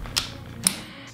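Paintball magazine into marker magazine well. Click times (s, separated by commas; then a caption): 0.7 s. A paintball magazine is inserted into a paintball marker's magazine well and seats with a crisp click at 0.7 s. A sharp transient at about 0.2 s comes before it, and the clip has no talk.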